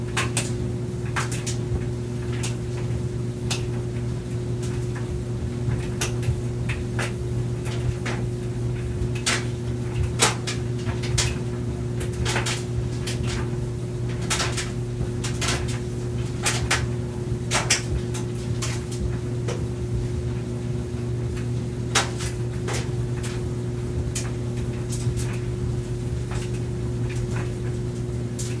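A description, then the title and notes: A clothes dryer runs with a steady low hum and a constant mid-pitched whine underneath. Over it, sharp clicks and knocks from tumbling items land irregularly, several every few seconds, sometimes in quick clusters, throughout the half minute. ASMR Clothes Dryer.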